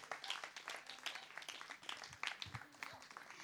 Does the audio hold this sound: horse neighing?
no